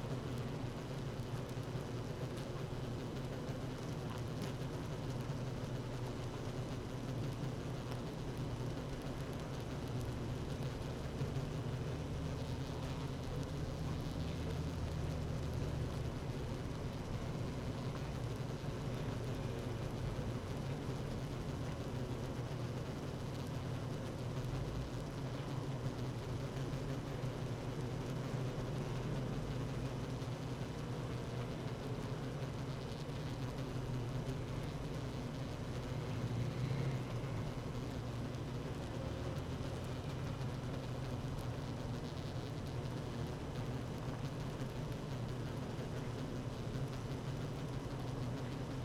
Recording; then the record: honeybee colony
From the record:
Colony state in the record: active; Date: 12 June 2018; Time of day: 16:18